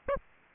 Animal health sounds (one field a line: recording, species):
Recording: mosquito wingbeat signal from an infrared sensor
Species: Aedes aegypti